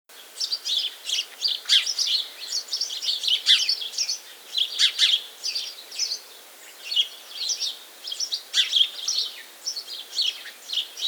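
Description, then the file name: House sparrow chirping steadily, many short bright chirps in irregular bursts. "Passer domesticus"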